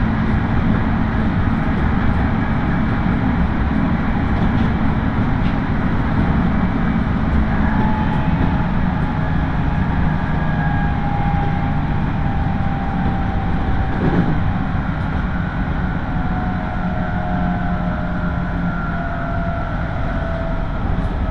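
A local train on the Tokaido Main Line rolls along with a steady, dense low rumble throughout. Motor whines rise and fall as the speed shifts, and a brief thump cuts through around the fourteen-second mark.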